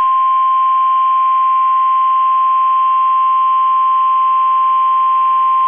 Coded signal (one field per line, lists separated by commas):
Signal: Emergency Alert System (SAME) tones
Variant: 1050 Hz attention tone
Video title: 5/10/23 - KEC65 Required Weekly Test (EAS #772)